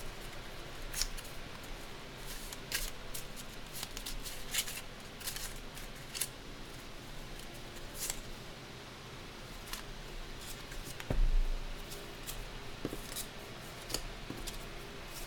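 Candle dressing with irregular sharp snips and crisp rustles over a steady low hum, a brief louder thump near eleven seconds.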